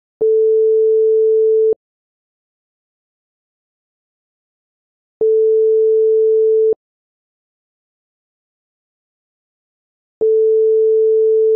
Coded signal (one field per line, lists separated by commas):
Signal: telephone call progress tone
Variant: France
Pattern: ringback tone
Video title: Ringing/Ringback tones in time: France (1955-2010)